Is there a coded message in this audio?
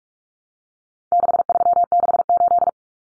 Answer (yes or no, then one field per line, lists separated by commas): yes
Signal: Morse code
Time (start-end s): 1.1-2.7 s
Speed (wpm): 44 wpm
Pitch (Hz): 700 Hz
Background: none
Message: 6368